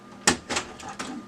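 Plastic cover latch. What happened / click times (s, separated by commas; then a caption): A plastic cover latch clicks open when its release button is pressed / 0.3 s. The cover release button on the left side of an open Okidata MC363 color laser printer is pressed while changing its transfer belt, and the inner cover or scanner section pops up with a sharp click at 0.3 s. Softer rustling follows around 0.5 s, with another smaller click at 1.0 s. The cover is released.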